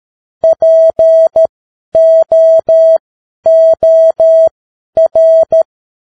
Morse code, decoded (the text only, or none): POOR